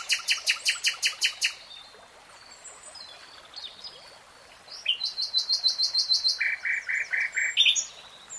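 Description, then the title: Nightingale song: a quick run of loud repeated notes, a quieter pause with soft calls, then a long varied phrase of rapid repeated notes. Singing in real time. "Tiếng chim hót Nightingale Singing"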